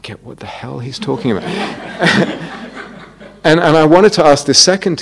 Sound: laughter

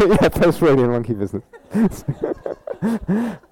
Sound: laughter

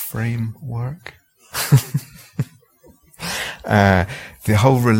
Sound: laughs

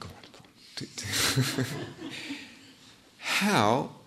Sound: laughter

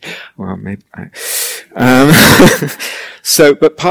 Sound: laughter

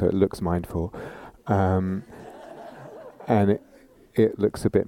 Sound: laughter

